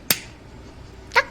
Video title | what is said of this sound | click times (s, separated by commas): 딱 한달이면 무너진 피부장벽을 살릴 수 있다! 피부 겉, 속을 채워주는 성장인자를 발라보세요! | 딱 소리가 나면서 두 앰플이 섞입니다 | 0.1 s